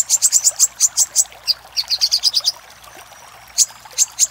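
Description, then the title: Little spiderhunter song: rapid series of high, sharp chip notes in quick bursts, a pause, then a few spaced chips. For training cage birds. "Masteran Burung Sogok Ontong Labaik"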